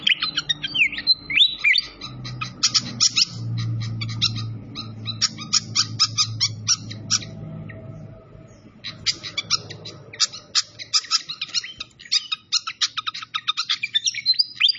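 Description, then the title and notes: Malaysian pied fantail song, bursts of rapid high chipping and twittering, with a steady low rushing hum beneath for several seconds. Masteran (bird-training recording) of clear-voiced song, mixed with the sound of gurgling flowing water. "Masteran Sikatan Kipas Suara Jernih Dan Suara Gemericik Air. Suara Burung Sikatan Londo"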